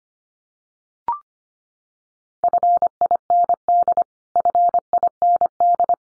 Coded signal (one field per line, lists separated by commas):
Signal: Morse code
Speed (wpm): 25 wpm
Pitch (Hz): 700 Hz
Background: none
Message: FIND FIND